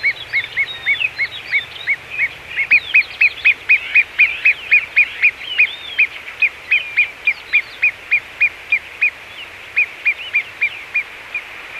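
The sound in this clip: Great gerbil calling in a long, rapid run of short arched squeaks, about four a second, while other birds twitter and trill faintly higher up.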